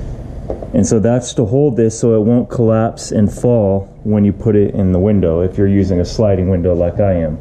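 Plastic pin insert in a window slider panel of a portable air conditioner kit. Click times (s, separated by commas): 0.5 s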